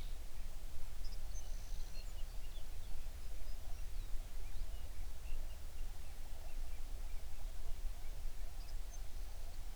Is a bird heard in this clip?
yes